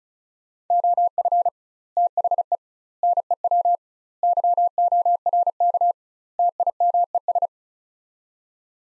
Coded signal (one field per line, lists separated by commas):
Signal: Morse code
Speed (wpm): 36 wpm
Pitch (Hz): 700 Hz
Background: none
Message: OF THE NEW YORK TIMES